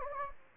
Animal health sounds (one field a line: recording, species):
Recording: mosquito wingbeat signal from an infrared sensor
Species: Anopheles gambiae